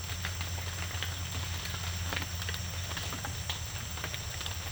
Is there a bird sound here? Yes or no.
no